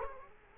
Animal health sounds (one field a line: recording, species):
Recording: mosquito wingbeat signal from an infrared sensor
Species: Culex quinquefasciatus